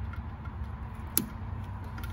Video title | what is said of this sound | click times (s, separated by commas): How To Install / Wire Tow mirrors on a 2014-2018 Silverado / Sierra | can hear it snap and this comes up the | 1.2 s